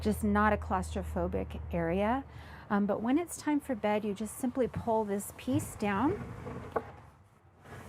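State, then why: Not seated. Someone talks about the over-cab drop-down bunk bed panel in the front cab of a Renegade Valencia 38RB motorhome while it is handled, with a low steady hum under the voice at first. The clip ends before the panel is pulled down into its lowered position, so nothing has latched or locked into place yet.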